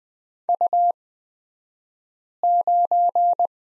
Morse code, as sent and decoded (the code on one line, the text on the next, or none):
..- ----.
U9